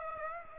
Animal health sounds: mosquito wingbeat signal from an infrared sensor; Aedes aegypti

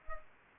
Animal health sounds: mosquito wingbeat signal from an infrared sensor; Culex pipiens

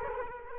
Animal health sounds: mosquito wingbeat signal from an infrared sensor; Culex quinquefasciatus

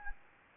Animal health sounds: mosquito wingbeat signal from an infrared sensor; Anopheles gambiae

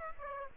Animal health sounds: mosquito wingbeat signal from an infrared sensor; Aedes aegypti

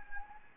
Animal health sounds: mosquito wingbeat signal from an infrared sensor; Anopheles gambiae

